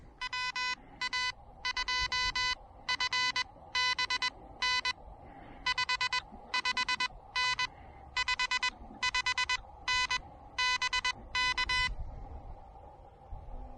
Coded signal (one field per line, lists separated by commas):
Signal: Morse code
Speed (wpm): 21 wpm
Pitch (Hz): 2000 Hz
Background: none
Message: WA2FBN 55N 55N BK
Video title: The New Elecraft KH1: First pedestrian mobile POTA activation!